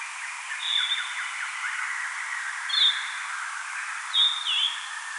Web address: paivat 4 6 2025 harmaasiepon laulua puolella nopeudella